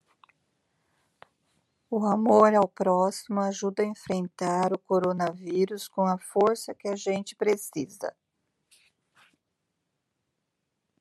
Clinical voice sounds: spoken sentence; Brazilian Portuguese; female; 50 to 59 years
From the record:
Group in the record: control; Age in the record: 57 years

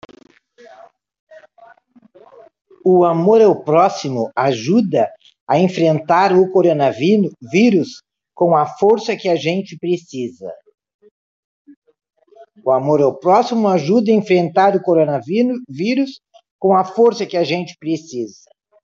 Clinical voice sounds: spoken sentence; Brazilian Portuguese; female; 60 to 69 years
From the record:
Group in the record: control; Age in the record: 63 years

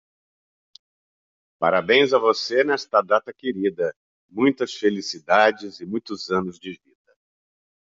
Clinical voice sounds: short text; Brazilian Portuguese; male; 60 to 69 years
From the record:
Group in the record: control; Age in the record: 64 years

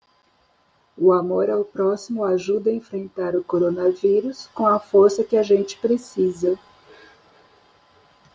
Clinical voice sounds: spoken sentence; Brazilian Portuguese; female; 60 to 69 years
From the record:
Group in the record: control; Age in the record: 60 years

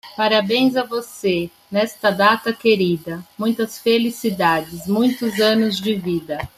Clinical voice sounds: short text; Brazilian Portuguese; female; 40 to 49 years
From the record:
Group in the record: control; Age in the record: 48 years

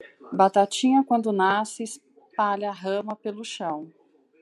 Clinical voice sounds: short text; Brazilian Portuguese; female; 40 to 49 years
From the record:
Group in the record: control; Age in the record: 49 years

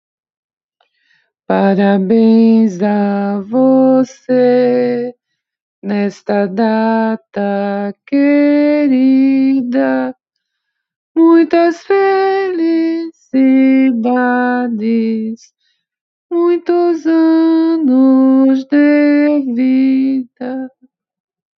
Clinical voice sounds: short text; Brazilian Portuguese; female; 50 to 59 years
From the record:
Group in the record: control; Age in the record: 59 years

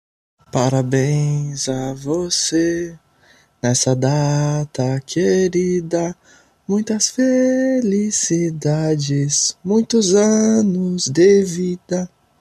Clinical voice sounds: short text; Brazilian Portuguese; male; 20 to 29 years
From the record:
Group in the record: control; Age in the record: 20 years

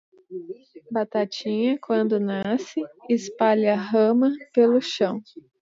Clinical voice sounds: short text; Brazilian Portuguese; male; 40 to 49 years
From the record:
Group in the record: control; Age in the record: 40 years

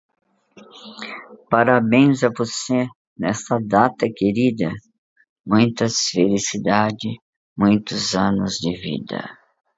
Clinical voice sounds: short text; Brazilian Portuguese; female; 60 to 69 years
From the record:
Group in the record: control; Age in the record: 64 years

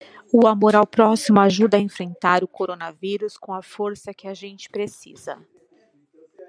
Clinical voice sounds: spoken sentence; Brazilian Portuguese; female; 40 to 49 years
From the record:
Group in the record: control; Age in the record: 40 years

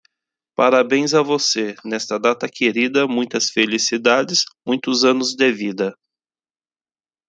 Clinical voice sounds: short text; Brazilian Portuguese; male; 40 to 49 years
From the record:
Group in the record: control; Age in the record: 43 years

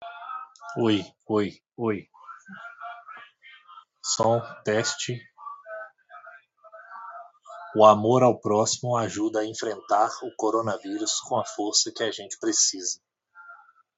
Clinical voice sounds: spoken sentence; Brazilian Portuguese; male; 30 to 39 years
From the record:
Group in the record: control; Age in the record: 33 years

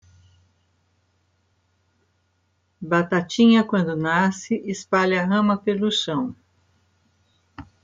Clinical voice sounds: short text; Brazilian Portuguese; female; 60 to 69 years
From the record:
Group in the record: control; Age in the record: 66 years

